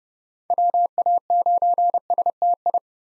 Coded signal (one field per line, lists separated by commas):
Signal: Morse code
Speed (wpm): 30 wpm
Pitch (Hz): 700 Hz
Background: none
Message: WA9STI